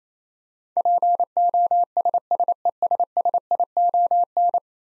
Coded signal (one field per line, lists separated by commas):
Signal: Morse code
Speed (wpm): 28 wpm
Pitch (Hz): 700 Hz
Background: none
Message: POSSESSION